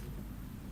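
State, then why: Not seated. A fastener is handled at a wooden canvas frame after a badly set one was removed, ready to be driven in. Only a steady low rumble is heard, with no sharp transients, and nothing has seated or clicked yet.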